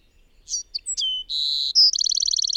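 Bird song: short high chips, a steady whistled note, a brief bright tone, then a rapid, regular trill to the end.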